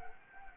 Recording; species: mosquito wingbeat signal from an infrared sensor; Anopheles arabiensis